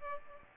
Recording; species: mosquito wingbeat signal from an infrared sensor; Aedes aegypti